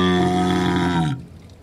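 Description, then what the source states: Walrus call: a deep, harmonic roaring bellow held steady for about a second before cutting off, with faint background noise after. Recorded 20 August 2010.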